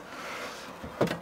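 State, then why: Seated. A polystyrene hive roof, used as a stand or floor, is slotted into small recesses in a polystyrene hive body and pushed home. After a quiet stretch of low hiss, a short sharp hit sounds at 1.0 s as the roof locks into place.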